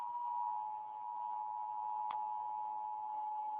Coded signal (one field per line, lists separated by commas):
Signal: Emergency Alert System (SAME) tones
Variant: 853 and 960 Hz attention tone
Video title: 30:00 mins weather alert EAS #1 severe thunderstorm warning